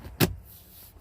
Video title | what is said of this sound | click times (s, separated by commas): How to Replace Air and Cabin Filter Infiniti G37 G35 | on it you hear clip click | 0.2 s